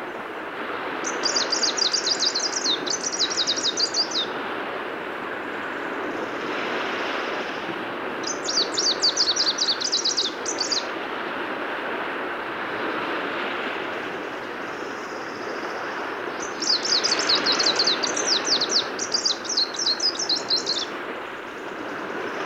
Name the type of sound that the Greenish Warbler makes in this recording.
song